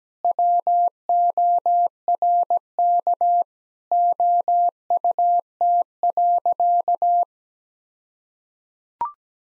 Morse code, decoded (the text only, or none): WORK OUT.